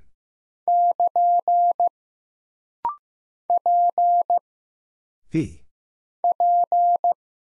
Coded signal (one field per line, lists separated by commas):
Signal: Morse code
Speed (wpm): 15 wpm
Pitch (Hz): 700 Hz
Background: none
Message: <KN> P P